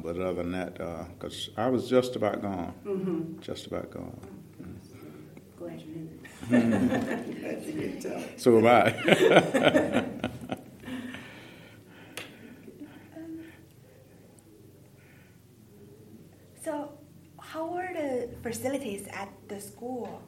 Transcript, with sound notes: But other than that—‘cause I was just about gone, just about gone…
(laughter) So how were the facilities at the school